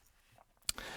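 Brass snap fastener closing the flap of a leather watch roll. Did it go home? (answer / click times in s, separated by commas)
yes / 0.7 s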